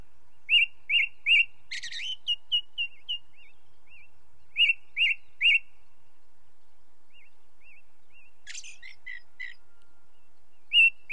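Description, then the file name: Ring ouzel song: loud, clear fluty notes delivered in triplets, phrases repeated several times, with a brief scratchy burst and soft twittering notes in between. Light natural background noise. "belozobij drozd na fone legkij shum prirodi"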